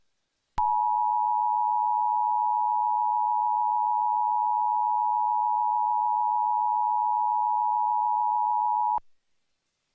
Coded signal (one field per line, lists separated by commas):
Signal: Emergency Alert System (SAME) tones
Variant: 853 and 960 Hz attention tone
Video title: KNTV - Emergency Alert System - Required Monthly Test - 6/11/2013